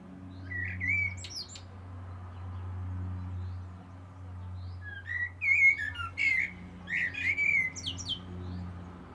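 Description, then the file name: Common blackbird singing a short fluted note with a high twitter, then after a pause a fuller run of varied whistled notes and squeaky flourishes, over a low hum. "Turdus merula"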